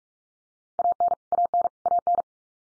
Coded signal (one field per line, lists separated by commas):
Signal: Morse code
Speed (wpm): 44 wpm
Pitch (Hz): 700 Hz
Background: none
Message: AN AN AN